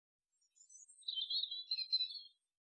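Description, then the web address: Bird sings one quick, jumbled warbling phrase of high squeaky notes lasting under two seconds. "Animals Birds Birdsong Isolated"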